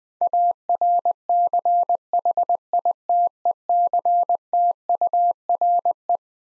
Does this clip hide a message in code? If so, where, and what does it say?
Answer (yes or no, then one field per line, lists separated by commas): yes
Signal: Morse code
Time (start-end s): 0.2-6.2 s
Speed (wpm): 20 wpm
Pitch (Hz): 700 Hz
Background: none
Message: ARCHITECTURE